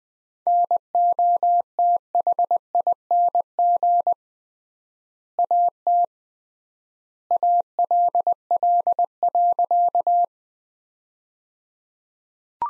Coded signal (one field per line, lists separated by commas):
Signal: Morse code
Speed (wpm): 20 wpm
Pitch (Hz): 700 Hz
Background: none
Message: NOTHING AT ALL.